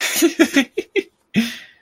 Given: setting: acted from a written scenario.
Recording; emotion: vocal sound without words; elation